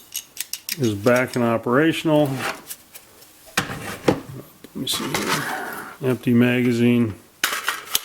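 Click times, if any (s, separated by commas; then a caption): 7.4 s. Someone talks while handling an empty magazine, with light metallic clatters and taps around it, to test the reinstalled magazine release on a rebuilt AR-style lower receiver. The empty magazine is pushed into the lower receiver's magazine well and seats with a sharp click at 7.4 s, followed by a couple of smaller clicks.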